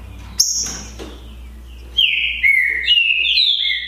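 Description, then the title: Green-winged saltator giving a quick high note, a pause, then a run of ringing downward-slurred whistles over a faint hum. Song contest (disputa) between trinca-ferro birds Naval and Demolidor, 2022 season; birds calling, singing and showing male display behaviour (macheando). "É UMA DISPUTA DE TRINCA FERRO PERFEITA!! NAVAL VS DEMOLIDOR 2022!"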